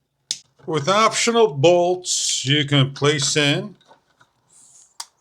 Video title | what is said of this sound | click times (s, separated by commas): LEDIARY Ceiling Fans with Lights, 20 inch Low Profile Flush Mount Ceiling Fan, Dimmable LED | You're going to plug in all three and lock into place. | 0.3 s